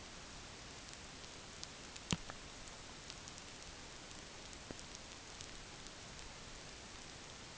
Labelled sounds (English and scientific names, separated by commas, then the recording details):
none
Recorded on Arctic tundra, site NAIT-1, on 27 June 2019
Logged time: 20:00